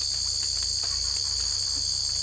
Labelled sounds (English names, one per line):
none